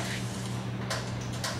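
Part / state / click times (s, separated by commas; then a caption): lens retaining clip into fluorescent fixture / not seated / none. A lens retaining clip is being handled into a fluorescent light fixture, to be snapped in with a quarter turn, over a steady low hum. Two short hits come at about 0.9 s and 1.4 s, the second slightly louder. The clip has not seated or clicked home yet.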